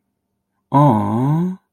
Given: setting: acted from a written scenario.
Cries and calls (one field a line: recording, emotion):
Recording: vocal sound without words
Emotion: adoration